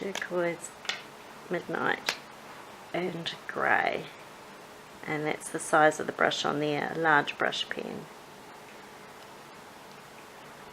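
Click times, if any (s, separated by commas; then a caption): none. Someone talks for about eight seconds while handling the cap of a large metallic brush pen, bringing it toward the plastic pen body, and then there is low, steady background quiet. Nothing has seated or clicked yet; the cap is not yet on.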